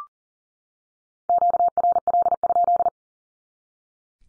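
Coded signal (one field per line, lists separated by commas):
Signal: Morse code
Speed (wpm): 40 wpm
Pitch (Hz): 700 Hz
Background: none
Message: QRL?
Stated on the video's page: Morse Q-code drill at 40wpm, each code sent, then spoken, then sent again.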